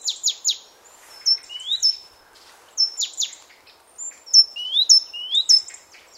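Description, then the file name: Great tit calls: quick chattering bursts mixed with high whistled notes and rising slurs, repeated several times. "Parus major"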